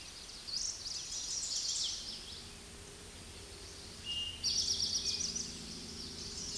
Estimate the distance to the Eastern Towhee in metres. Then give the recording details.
about 15 m. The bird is about level with the microphone. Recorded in a Pennsylvania forest on 16 May 2024 at 08:08. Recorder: AudioMoth, point MSD-1360. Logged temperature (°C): 14.8 °C. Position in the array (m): 182 m, 193 m